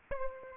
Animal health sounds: mosquito wingbeat signal from an infrared sensor; Aedes aegypti

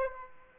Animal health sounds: mosquito wingbeat signal from an infrared sensor; Aedes aegypti

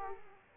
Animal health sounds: mosquito wingbeat signal from an infrared sensor; Aedes aegypti

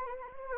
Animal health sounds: mosquito wingbeat signal from an infrared sensor; Anopheles arabiensis

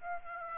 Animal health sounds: mosquito wingbeat signal from an infrared sensor; Aedes aegypti

